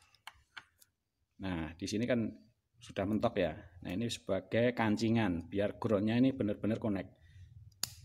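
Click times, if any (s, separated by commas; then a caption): 7.8 s. A microphone cable plug is pushed into a cheap audio jack socket while someone talks, with a few faint taps near the start. At 7.8 s a sharp click is heard as the plug locks into place, seated and holding firmly so the ground contact is secure.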